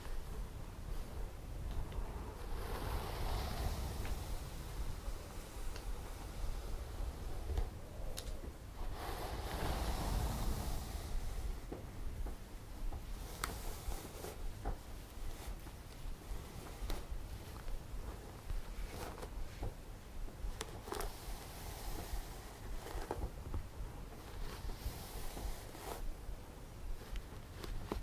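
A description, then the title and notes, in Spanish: Hair is combed and scratched in a dense, continuous rustle, with frequent sharp strokes, a fuller swell near ten seconds, and low rumble beneath. Masaje Capilar - peinando y rascando el pelo.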